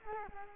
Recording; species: mosquito wingbeat signal from an infrared sensor; Culex quinquefasciatus